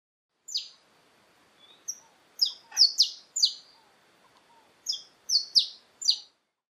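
Saffron finch calls: sharp, high, downslurred chips given singly and in short bursts, spaced irregularly, with faint lower notes and quiet background noise.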